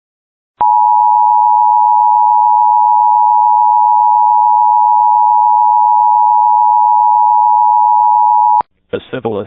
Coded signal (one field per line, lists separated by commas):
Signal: Emergency Alert System (SAME) tones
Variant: 853 and 960 Hz attention tone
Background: speech